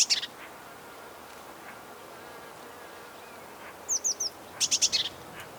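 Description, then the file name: Eurasian blue tit calls: an opening burst of thin high notes, then a trio of falling high notes and a quick rattle of four or five sharp high notes. "Cyanistes caeruleus"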